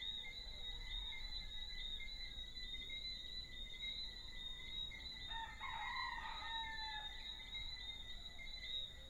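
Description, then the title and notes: Small frogs and a rooster: shrill pulsed frog notes fill the background steadily, then a rooster's ragged crow lasts about a second and a half. Small frogs and roosters in an early evening soundscape, Deshaies, Guadeloupe, 19 September 2019. "Early evening soundscape with small frogs and roosters. Deshaies, Guadeloupe on September 19, 2019. Recorded by Azadeh Nilchiani."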